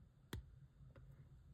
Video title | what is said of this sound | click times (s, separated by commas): LAMY Studio Review & Nib comparison EF, F, M | And the cool thing is, if you are somebody who likes to post their cap, you can actually feel it and hear it. | 0.3 s